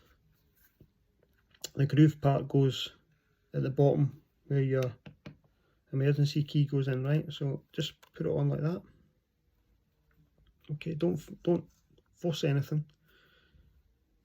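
The two plastic halves of a Jaguar XF key fob are placed together after a battery change, with the cover half's groove at the bottom where the emergency key goes in, lined up on the fob body before being clipped shut by hand. Someone talks throughout, with brief taps around 1.6 s and 5.3 s. Nothing has clicked or seated yet.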